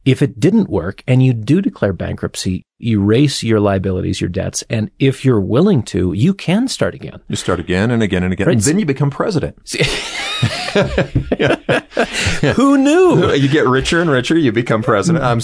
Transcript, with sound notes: If it didn’t work and you do declare bankruptcy, erase your liabilities, your debts, and if you’re willing to, you can start again.
You start again and again and again. And then you become president.
(laughs) Who knew?
Yeah, you get richer and richer. You become president.